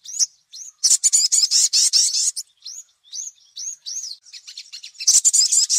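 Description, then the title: Little spiderhunter song with a rapid, loud string of high notes, a series of separate chirps, then another quick high rattle at the end. Masteran for training songbirds; the 'Labaik' song variety. "Masteran Burung Sogok Ontong Labaik"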